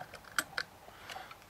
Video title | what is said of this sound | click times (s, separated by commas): LEGO Star Wars Droid Tri-fighter 75044 Winter 2014 set Review | push down line that Groove up and it will click into place | 0.4 s